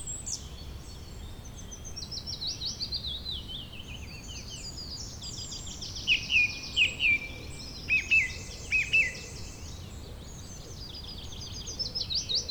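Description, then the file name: Bird chorus of overlapping high trills and chirps, with several sharp notes midway and more trilling toward the end. "beautiful Birdsong"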